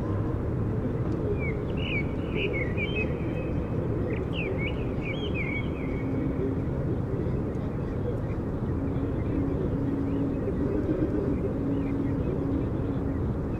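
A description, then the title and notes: Birds chirp over a steady, heavy rumble of passing traffic from bicycles, scooters and foot traffic. A burst of quick, bright twittering comes in the first half, from about two to six seconds, then fades. A low, even hum drifts in now and then. Overhead overview, a public space, immediately south of Holland Spoor rail station, Den Haag, Netherlands, a given spring evening of the year 2019 – warm air, birds; foot, bicycle and scooter traffic; birds.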